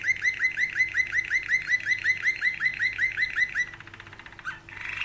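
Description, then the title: Canary song built on a long, even trill of rapidly repeated chirps, ending in a dry rattle and a rasping buzz. "Kenari"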